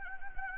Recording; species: mosquito wingbeat signal from an infrared sensor; Anopheles arabiensis